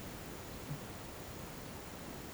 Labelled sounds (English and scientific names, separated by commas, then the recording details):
none
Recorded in pastures near Puerto Asís, Putumayo, Colombia, on 21 March 2025 at 16:00
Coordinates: 0.486, -76.323
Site G075